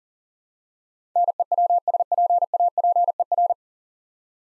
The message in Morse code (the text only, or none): NEWSPAPER